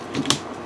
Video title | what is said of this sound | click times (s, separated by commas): Pt.2 Space Emperor GODSIGMA GX-60 Soul of Chogokin Review | and it actually snaps in really nice ni you'll see | 0.3 s